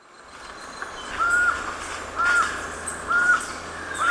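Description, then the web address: Black-mandibled toucan yelping, four short flat notes spaced over a few seconds against a rushing background hiss. Recorded in Ecuador. "Natures Songs S America Birds of Ecuador. Black-Mandibled Toucan"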